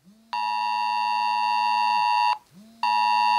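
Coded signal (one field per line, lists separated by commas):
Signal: Emergency Alert System (SAME) tones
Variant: 853 and 960 Hz attention tone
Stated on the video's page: Real nationwide test of the mobile emergency alert system sent to phones.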